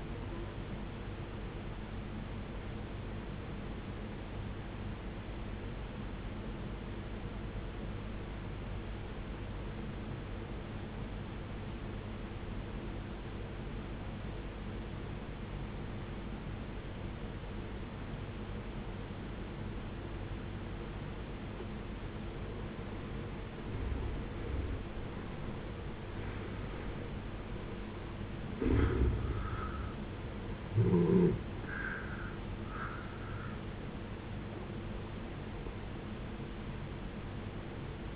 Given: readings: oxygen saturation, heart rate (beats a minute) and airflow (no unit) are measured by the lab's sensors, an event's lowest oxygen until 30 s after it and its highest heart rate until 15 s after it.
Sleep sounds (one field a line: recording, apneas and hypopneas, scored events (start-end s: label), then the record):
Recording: breathing in sleep by a voice recorder at the bedside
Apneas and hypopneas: 1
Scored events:
6.00-23.40 s: obstructive apnea (N1, oxygen 92% highest, then 78% lowest, heart rate 63 at the start, 81 highest)
From the record:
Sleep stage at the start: N1 (lightest sleep)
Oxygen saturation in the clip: 73 to 92%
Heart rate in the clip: 52 to 81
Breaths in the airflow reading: 4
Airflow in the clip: -15.6 to 14.8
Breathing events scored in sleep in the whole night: 389 in 6.3 hours asleep